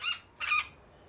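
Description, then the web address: Parakeet squawks: two short, harsh, noisy screeches, the second louder and longer, with a brief pause between them. Several parakeets, described as angry. "the sound pack tree. angry parakeets"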